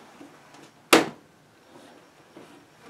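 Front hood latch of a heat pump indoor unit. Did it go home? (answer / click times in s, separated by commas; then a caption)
yes / 0.9 s. Someone presses the right side of the plastic front hood on a heat pump indoor unit after a short stretch of faint handling noises. Latch point C clicks home with one sharp snap at 0.9 s, then only quiet rustling follows. The hood latch is seated.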